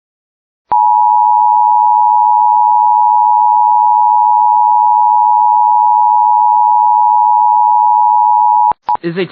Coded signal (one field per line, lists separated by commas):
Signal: Emergency Alert System (SAME) tones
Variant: 853 and 960 Hz attention tone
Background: speech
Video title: RWT (New EAS 17)